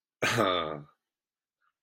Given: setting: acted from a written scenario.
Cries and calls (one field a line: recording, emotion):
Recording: vocal sound without words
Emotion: pride